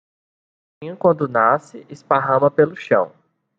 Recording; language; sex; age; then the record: short text; Brazilian Portuguese; male; 20 to 29 years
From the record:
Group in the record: control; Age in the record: 24 years